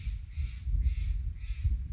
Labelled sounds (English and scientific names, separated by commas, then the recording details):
Steller's Jay (Cyanocitta stelleri)
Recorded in Sonoma County, California